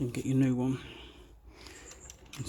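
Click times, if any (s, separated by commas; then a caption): 2.1 s, 2.3 s. Someone talks while a harness part is fitted into a new Ford Mondeo engine bay fusebox during a rebuild of the fusebox harness. Short, sharp clicks come at 2.1 and 2.3 seconds as the part clicks into place and is seated in the fusebox.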